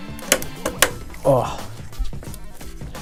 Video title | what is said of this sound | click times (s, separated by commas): 10 Year Old PC Cleaning and Turning It On For First Time In Years | got to hear that snap or else it's not in well | 0.3 s, 0.8 s